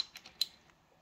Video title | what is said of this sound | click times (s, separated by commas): KTM 790/890 Adventure R: How To Tighten Up Your Headset To Get Rid of the Slop! | click now neither one's moving when i'm turning this neither one's moving and i'm getting the click right away | 0.4 s